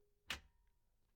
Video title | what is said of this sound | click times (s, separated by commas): How to Dismount a Soft-Close Drawer (No Tools Needed) | push the drawer until it clicks. | 0.3 s